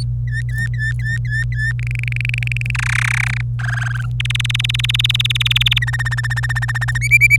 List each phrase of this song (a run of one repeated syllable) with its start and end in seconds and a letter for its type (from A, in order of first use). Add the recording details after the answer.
0.28-1.72 A, 1.79-2.71 B, 2.75-3.41 C, 3.59-4.05 D, 4.20-5.78 E, 5.82-6.98 F, 7.01-7.36 G. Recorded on 26 April 2018 at 09:48. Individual llb3